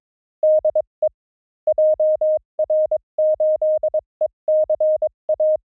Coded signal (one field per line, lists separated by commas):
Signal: Morse code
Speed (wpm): 22 wpm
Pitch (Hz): 620 Hz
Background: none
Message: DE JR8ECA